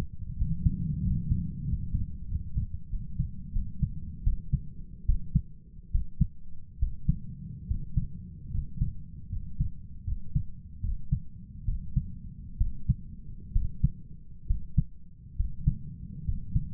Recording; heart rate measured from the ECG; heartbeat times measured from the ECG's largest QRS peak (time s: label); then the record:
heart sounds by stethoscope; 76 bpm
0.37 s: heartbeat
1.02 s: heartbeat
1.65 s: heartbeat
2.28 s: heartbeat
2.89 s: heartbeat
3.52 s: heartbeat
4.23 s: heartbeat
5.05 s: heartbeat
5.91 s: heartbeat
6.78 s: heartbeat
7.66 s: heartbeat
8.50 s: heartbeat
9.28 s: heartbeat
10.04 s: heartbeat
10.80 s: heartbeat
11.64 s: heartbeat
12.57 s: heartbeat
13.52 s: heartbeat
14.46 s: heartbeat
15.35 s: heartbeat
16.24 s: heartbeat
From the record:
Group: healthy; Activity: rest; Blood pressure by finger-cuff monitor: 91/60 mmHg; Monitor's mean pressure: 71 mmHg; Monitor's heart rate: 73 bpm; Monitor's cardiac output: 6.5 L/min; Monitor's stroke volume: 87 mL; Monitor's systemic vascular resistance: 770 dyn s/cm5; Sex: male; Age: 23 years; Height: 178 cm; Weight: 96.6 kg